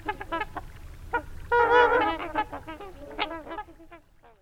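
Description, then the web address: Swan honks ring out in a busy run of short nasal notes, broken by one drawn-out trumpeting call, then fading. "BIRD NOTE. Swans"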